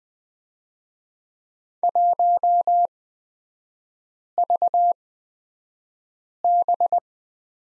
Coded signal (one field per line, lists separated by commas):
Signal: Morse code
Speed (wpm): 20 wpm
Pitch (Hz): 700 Hz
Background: none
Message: 1VB